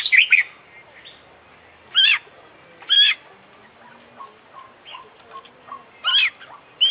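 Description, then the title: Oriental magpie-robin giving loud, rich whistled phrases at intervals, with quieter short notes between them. Competition bird described as an international champion, singing a full, complete set of fill-in phrases (isian). "KICAU KACER JUARA INTERNASIONAL FULL ISIAN KOMPLIT DURASI PANJANG"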